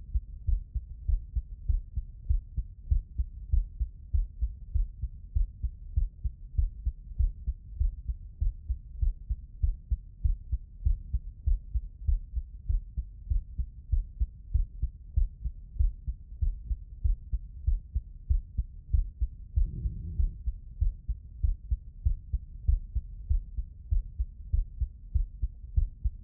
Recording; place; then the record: heart sounds by stethoscope; mitral valve (MV)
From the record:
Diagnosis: non-HFrEF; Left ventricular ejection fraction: 67%